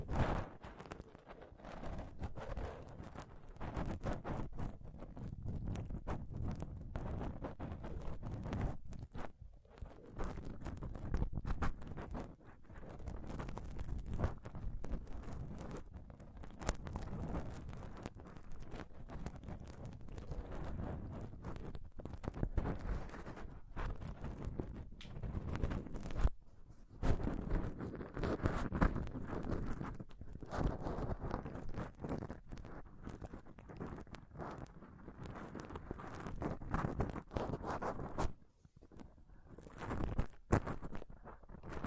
Intense Mic Scratching & Touching Close-Up Mic Sounds